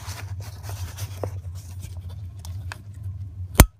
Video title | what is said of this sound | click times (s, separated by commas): How to change an oxygen sensor/O2 sensor: Ford Mustang (other cars too) F150, Explorer | you hear that sound you know it's clicked together | 3.6 s